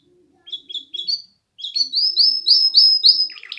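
Canary: songbird phrase of a few quick chirps, a short gap, then a string of repeated rising whistled notes ending in a soft jumble.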